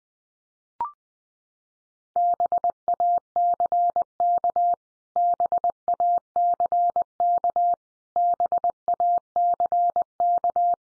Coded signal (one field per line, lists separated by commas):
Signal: Morse code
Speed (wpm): 20 wpm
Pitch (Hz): 700 Hz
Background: none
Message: BACK BACK BACK